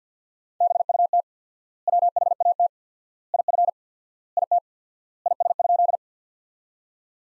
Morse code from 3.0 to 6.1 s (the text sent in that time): IF IT IS?